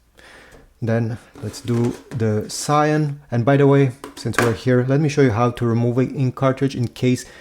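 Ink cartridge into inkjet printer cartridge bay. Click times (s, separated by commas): 0.2 s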